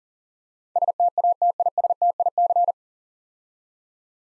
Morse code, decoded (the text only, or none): STATISTIC